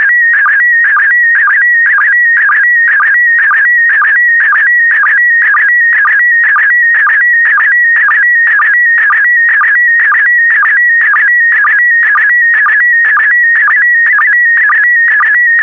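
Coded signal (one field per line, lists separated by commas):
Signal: SSTV (slow-scan television)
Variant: PD120 mode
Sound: warbling, chirping tone with a rhythmic tick about twice a second throughout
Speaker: transmission complete you can now check your decoded image against the picture that is shown on the video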